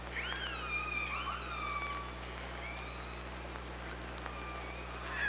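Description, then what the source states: Killer whale calls: looping, wavering harmonic tones that overlap at the start, then a long flat tone fading out, with a few clicks and steady hiss. OrcaLab hydrophone, 24 August 2017.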